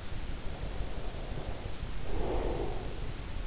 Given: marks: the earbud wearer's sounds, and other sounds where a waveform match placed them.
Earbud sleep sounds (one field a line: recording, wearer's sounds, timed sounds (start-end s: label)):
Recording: sounds in sleep by an in-ear microphone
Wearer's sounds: breath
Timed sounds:
0.16-3.22 s: breath